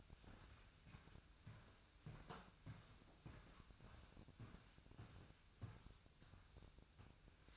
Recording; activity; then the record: daily activity, microphone in the room; walk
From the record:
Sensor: 2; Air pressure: 1001.5 hPa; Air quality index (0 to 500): 228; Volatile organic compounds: 26 ppm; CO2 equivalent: 2864 ppm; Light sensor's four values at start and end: 8/28/11/10 and 8/27/10/10